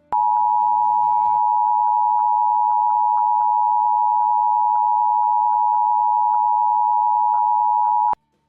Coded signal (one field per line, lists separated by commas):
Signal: Emergency Alert System (SAME) tones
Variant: 853 and 960 Hz attention tone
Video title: Required Weekly Test! (EAS #154) 02/26/2025 WXL51